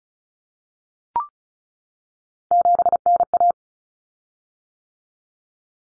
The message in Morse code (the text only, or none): 7NA